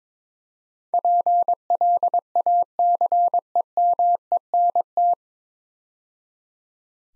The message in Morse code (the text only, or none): PLACEMENT